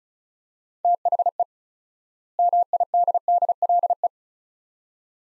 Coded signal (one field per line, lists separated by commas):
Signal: Morse code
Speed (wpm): 36 wpm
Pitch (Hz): 700 Hz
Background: none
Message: THE MIDDLE